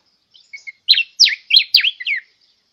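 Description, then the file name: Diuca finch song: two soft introductory whistles lead into five strong, clear notes that swoop downward, a bright and rhythmic phrase lasting under two seconds. "Canto da diuca"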